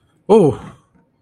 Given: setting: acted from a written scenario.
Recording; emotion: vocal sound without words; negative surprise